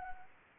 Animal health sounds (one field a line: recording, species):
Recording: mosquito wingbeat signal from an infrared sensor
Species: Anopheles arabiensis